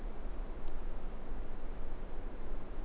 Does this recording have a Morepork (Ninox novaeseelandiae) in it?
no